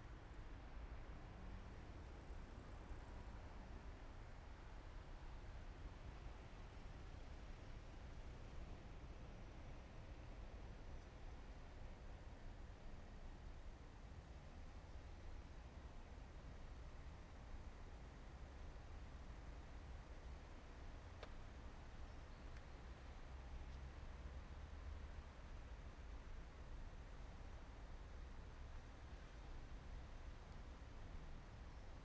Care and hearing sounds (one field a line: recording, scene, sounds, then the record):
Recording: everyday scene through a hearing-aid microphone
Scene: in traffic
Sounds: traffic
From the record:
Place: main city hub, rush hour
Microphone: behind the ear, right, front